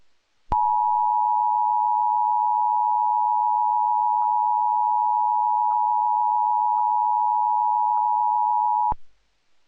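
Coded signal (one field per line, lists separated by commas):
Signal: Emergency Alert System (SAME) tones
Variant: 853 and 960 Hz attention tone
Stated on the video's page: Fictional recreation of a hijacked national EAS test; not real.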